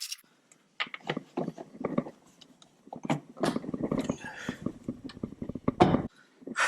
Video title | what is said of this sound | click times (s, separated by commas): Installation and Review of the Mopar T/A CAI on a 2020 Dodge Challenger Scat Pack 1320 | It finally snapped in. I don't know if you heard that. | 5.8 s